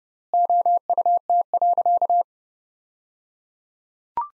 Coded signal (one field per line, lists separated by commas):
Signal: Morse code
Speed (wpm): 30 wpm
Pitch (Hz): 700 Hz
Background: none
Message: OUT.